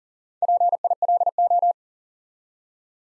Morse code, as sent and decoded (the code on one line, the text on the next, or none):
.--. .. .-.. ---
PILO